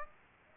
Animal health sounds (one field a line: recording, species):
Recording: mosquito wingbeat signal from an infrared sensor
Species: Aedes aegypti